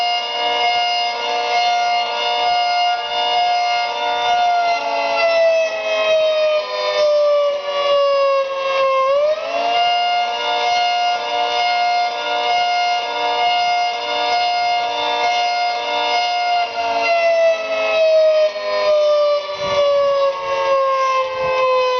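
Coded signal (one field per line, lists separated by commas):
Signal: siren signal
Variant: Federal Signal 3T22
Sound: loud steady multi-tone siren wail held throughout, briefly dipping in pitch midway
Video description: This 10-minute siren test was a special request by city officials, and was conducted during a normally scheduled county wide siren test.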